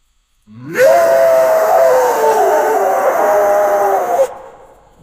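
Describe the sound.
Wolf howl, a long sustained tonal cry holding steady with slight wavering, then stopping abruptly after about three and a half seconds.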